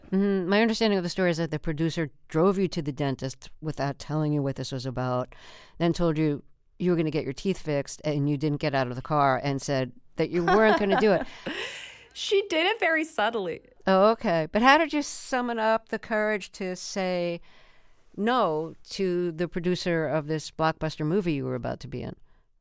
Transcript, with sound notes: My understanding of the story is that the producer drove you to the dentist without telling you what this was about, then told you you were going to get your teeth fixed and you didn't get out of the car and said that you weren't going to do it.
(Laughter) She did it very subtly.
Oh, OK. But how did you summon up the courage to say no to the producer of this blockbuster movie you were about to be in?